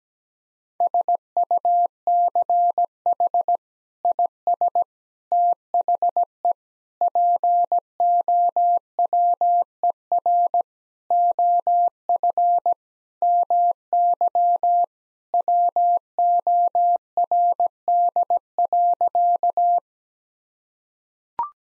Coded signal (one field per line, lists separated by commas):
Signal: Morse code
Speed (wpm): 17 wpm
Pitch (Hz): 700 Hz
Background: none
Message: SUCH IS THE POWER OF MY WORD.